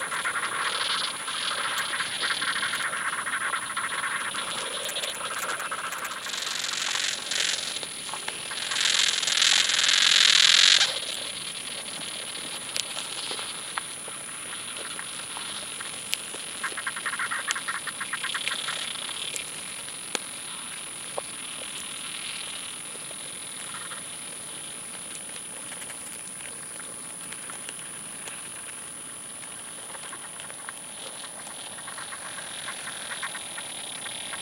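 A summer field recording at Badbury Rings, Dorset: a steady high whine runs throughout over soft rustling and scattered small ticks. Between about 8 and 11 seconds a louder, bright burst of chirping or buzzing rises, then the scene settles back to quiet, sparse clicks.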